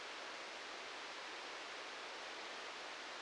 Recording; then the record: brain microelectrode recording played as sound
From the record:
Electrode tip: outside the subthalamic nucleus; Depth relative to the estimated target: -9 mm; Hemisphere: left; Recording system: NeuroSet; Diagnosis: Parkinson's disease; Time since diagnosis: 13 years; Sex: male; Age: 66 years